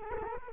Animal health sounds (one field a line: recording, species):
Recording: mosquito wingbeat signal from an infrared sensor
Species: Culex quinquefasciatus